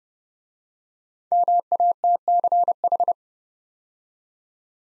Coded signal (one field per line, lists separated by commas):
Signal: Morse code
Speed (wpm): 29 wpm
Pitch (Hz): 700 Hz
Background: none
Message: MATCH